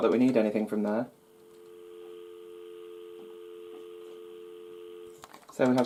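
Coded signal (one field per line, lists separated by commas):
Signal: telephone call progress tone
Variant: North America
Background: speech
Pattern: dial tone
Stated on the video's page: Call progress tone from a 1980 GPO Mickey Mouse telephone, model TSR1001A.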